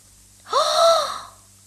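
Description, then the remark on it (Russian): A woman, the fairy-tale character Elena the Beautiful, gasps sharply in amazement on seeing a pair of shoes (cherevichki), a single breathy intake rising into a voiced, wondering "ah" that swells and fades over about a second, heard alone. “Елена прекрасная, как глянула на черевики, ахнула.”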